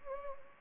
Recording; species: mosquito wingbeat signal from an infrared sensor; Anopheles arabiensis